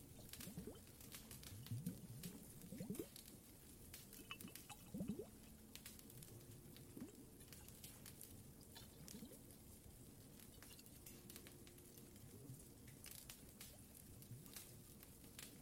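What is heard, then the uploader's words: Water and a fireplace make a dense, steady bed of low gurgling and rumbling with constant fine crackle. Sharp pops and snaps scatter throughout, with brief bubbling swoops around two and five seconds, then the texture settles into a busy, even hiss and crackle. Some more Cave ASMR, Water and Fireplace added.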